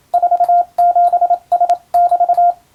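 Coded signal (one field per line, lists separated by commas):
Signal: Morse code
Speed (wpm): 27 wpm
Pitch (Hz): 700 Hz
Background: none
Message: 47S<BT>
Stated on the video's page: Marine radiotelegraph telegram sending practice for the Japanese radio operator licence exam's Morse practical, also for amateur receiving training.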